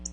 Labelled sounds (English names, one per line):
Black-throated Blue Warbler flight call